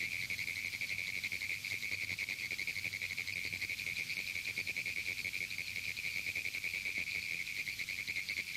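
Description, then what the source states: Pine woods tree frog calls: rapid, rattling pulses in a steady mid-high band, continuing without a break. Erratic call likened to Morse code; found in pineland habitats statewide in Florida.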